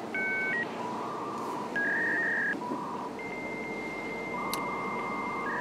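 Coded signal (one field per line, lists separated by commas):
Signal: dial-up modem handshake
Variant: 56k modem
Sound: brief dual tone, steady hum, warbling chirps, then a long high tone with beeping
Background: line hiss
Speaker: Questo suono allucinante, questa cacofonia di frequenze che sentite, si chiama handshaking, letteralmente stretta di mano, ed è il suono a cui eravamo abituati tutti noi quando ci collegavamo ad internet o alle BBS utilizzando il modem.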